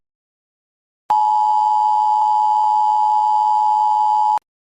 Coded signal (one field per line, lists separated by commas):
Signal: Emergency Alert System (SAME) tones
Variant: 853 and 960 Hz attention tone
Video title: Reacting to emergency alert systems part one (new trend) #emergencyalertsystem #easalert #fakenews